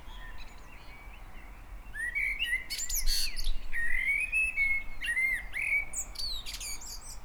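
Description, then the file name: Common blackbird giving rich, slurred whistled phrases, several in a row, each trailing into thin high squeaks, over a soft steady background hiss. "Turdus merula"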